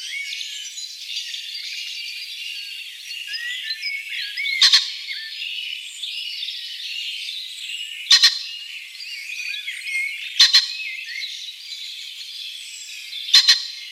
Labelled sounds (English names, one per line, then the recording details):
Common Pheasant song
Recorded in the wild
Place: Oberrotweil am Kaiserstuhl, Baden-Württemberg, DE
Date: 1983-04-04
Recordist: Schwarz, Dieter
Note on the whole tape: Song